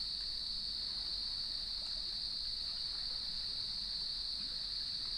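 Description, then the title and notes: Crickets in chorus, a steady unbroken high-pitched trill holding one even pitch throughout, with a soft low wash of water underneath. Evening chorus at sunset on the beach of Lighthouse West Natural Area, Leelanau Peninsula, beside gnarled cedar trees, with waves in the background. "Sounds of Leelanau Peninsula: Lighthouse West Natural Area. As I approached the beach, the sun was just setting, and the crickets made themselves known. Nature is my Jam"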